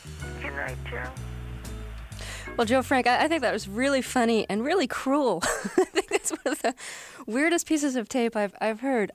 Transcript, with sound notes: Good night, Joe.
Well, Joe Frank, I think that was really funny and really cruel (laughter). It's one of the weirdest pieces of tape I've heard.